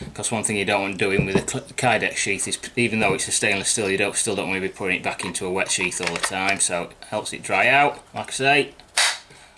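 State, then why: Seated. Someone talks while a stainless steel knife is pushed into its molded Kydex sheath. At 9.0 s the blade seats with a sharp retention click.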